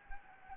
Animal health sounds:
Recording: mosquito wingbeat signal from an infrared sensor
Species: Anopheles gambiae

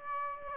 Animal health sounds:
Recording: mosquito wingbeat signal from an infrared sensor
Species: Aedes aegypti

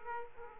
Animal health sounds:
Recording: mosquito wingbeat signal from an infrared sensor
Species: Aedes aegypti

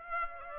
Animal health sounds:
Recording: mosquito wingbeat signal from an infrared sensor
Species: Aedes aegypti

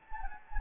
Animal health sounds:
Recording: mosquito wingbeat signal from an infrared sensor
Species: Anopheles gambiae

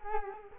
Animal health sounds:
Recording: mosquito wingbeat signal from an infrared sensor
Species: Culex quinquefasciatus

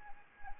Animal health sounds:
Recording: mosquito wingbeat signal from an infrared sensor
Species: Anopheles arabiensis

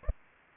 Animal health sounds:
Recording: mosquito wingbeat signal from an infrared sensor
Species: Aedes aegypti

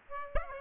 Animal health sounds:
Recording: mosquito wingbeat signal from an infrared sensor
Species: Aedes aegypti

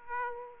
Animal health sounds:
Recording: mosquito wingbeat signal from an infrared sensor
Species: Aedes aegypti

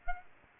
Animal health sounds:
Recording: mosquito wingbeat signal from an infrared sensor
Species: Aedes aegypti

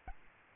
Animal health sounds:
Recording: mosquito wingbeat signal from an infrared sensor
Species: Aedes albopictus

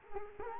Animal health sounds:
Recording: mosquito wingbeat signal from an infrared sensor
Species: Culex quinquefasciatus

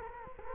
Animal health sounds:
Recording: mosquito wingbeat signal from an infrared sensor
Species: Culex quinquefasciatus

